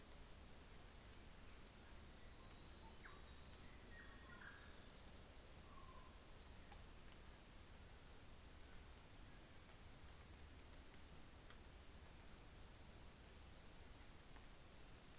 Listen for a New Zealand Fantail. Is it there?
no